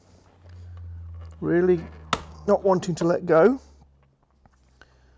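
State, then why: Released. Someone talks while working on a Jaguar XK8/XKR (X308) wing mirror, in a job for mirror wobble and a sticking adjuster. The stubborn clip holding the mirror glass to its backing in the mirror housing resists, then lets go with a sharp snap at 4.8 s, releasing the glass.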